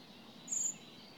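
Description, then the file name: Common blackbird giving a single thin, very high, drawn-out note lasting about a quarter second, then silence over faint steady background hiss. "Turdus merula"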